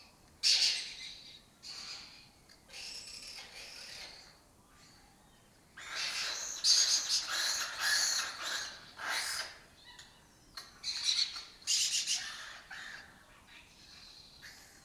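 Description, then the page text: Lesser kestrel chatter, loud harsh rasping bursts coming in irregular clusters. Colony that took over an abandoned house complex in Doñana, southern Europe; migratory birds that forage in West Africa and breed in southern Europe. "Lesser Kestrels Took Over an Abandoned Building - wp.earth.fm. A migratory raptor wich spends its foraging time in West Africa and breeds in southern Europe. Here in Doñana"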